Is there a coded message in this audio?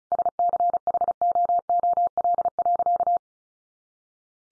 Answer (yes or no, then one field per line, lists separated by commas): yes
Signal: Morse code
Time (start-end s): 0.1-3.2 s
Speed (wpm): 34 wpm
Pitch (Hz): 700 Hz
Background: none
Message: SCHOOL.